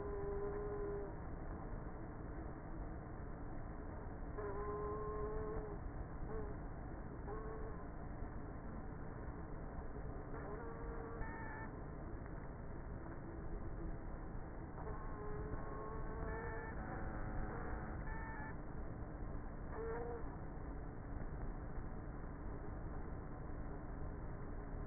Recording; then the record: honeybee colony, microphone inside the hive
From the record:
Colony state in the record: queenless with a low population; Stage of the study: before two queens were removed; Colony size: about 30,000 bees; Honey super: no